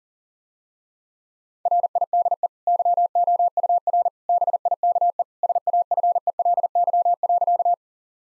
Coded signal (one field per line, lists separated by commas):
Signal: Morse code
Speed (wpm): 40 wpm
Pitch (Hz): 700 Hz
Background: none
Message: RIDE YOUR BIKE SAFELY.